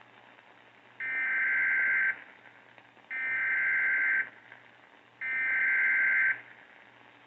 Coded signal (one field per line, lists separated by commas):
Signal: Emergency Alert System (SAME) tones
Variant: header bursts